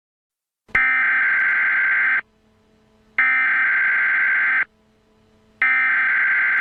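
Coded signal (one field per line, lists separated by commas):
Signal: Emergency Alert System (SAME) tones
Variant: header bursts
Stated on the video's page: Fictional analog-horror scenario alert.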